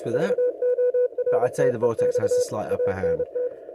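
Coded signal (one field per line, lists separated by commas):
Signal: Morse code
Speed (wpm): 29 wpm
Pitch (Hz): 500 Hz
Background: speech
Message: VORTEX ANT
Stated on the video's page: Morse received across Australia, comparing a Vortex antenna with an 80m inverted vee.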